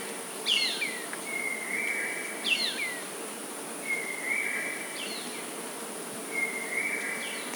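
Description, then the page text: Black baza calls, fainter: sharp falling whistles followed by a drawn-out thin note, repeated about every two seconds against steady background hiss. "Черная база - Black Baza (Aviceda leuphotes)"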